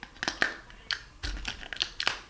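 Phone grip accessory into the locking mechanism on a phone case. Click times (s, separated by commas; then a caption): 1.8 s, 2.0 s. A plastic phone grip accessory is lined up with the locking piece on the back of a phone case and pushed on, with light handling rustles and taps before it. It clicks into place at about 1.8 s and 2.0 s and is seated, locking in so it won't just pop off.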